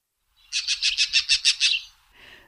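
Green Jay giving a fast rattling call of about eight harsh, buzzy notes in quick even succession, followed by a faint short note.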